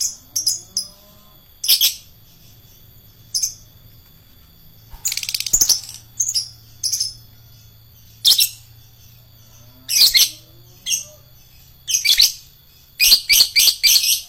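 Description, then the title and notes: Lovebird chatter of irregular shrill squeaks and scratchy bursts, growing busier toward the end in a quick cluster of notes. Adult lovebird of the fighter type. "#4. LOVEBIRD FIGTER. Lovebird Dewasa"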